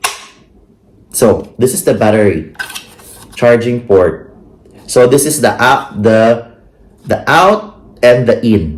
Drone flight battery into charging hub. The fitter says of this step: and then hear a clicking sound and then like that and then